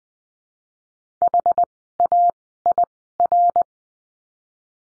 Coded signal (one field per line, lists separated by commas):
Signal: Morse code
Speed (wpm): 20 wpm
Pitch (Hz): 700 Hz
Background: none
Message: HAIR